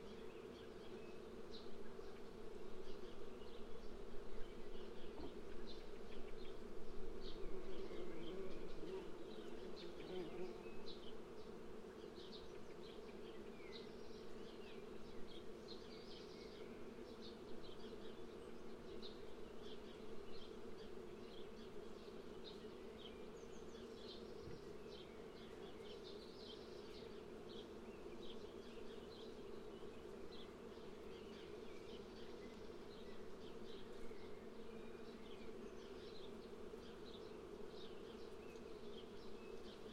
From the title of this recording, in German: Bienchen in der Linde